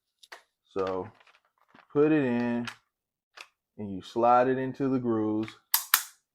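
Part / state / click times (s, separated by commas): pistol slide or upgrade part sliding onto the frame rails / seated / 5.7 s, 5.9 s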